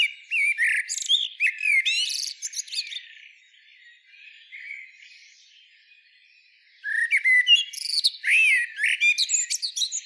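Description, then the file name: Common blackbird song: rich fluty phrases with scratchy high flourishes, a long quiet gap, then a fresh run of warbles. "Turdus merula"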